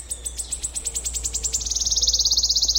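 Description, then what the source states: Wood warbler song: a series of sharp high ticks that speeds up steadily and ends in a fast shivering trill. Russian name 'трещотка' (rattler) reflects its singing.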